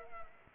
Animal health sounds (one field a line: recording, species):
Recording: mosquito wingbeat signal from an infrared sensor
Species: Culex pipiens